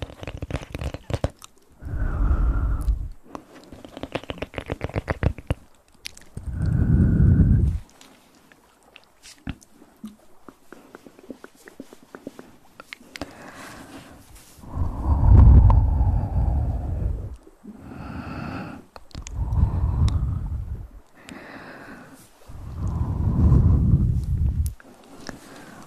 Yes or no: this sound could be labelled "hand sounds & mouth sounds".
yes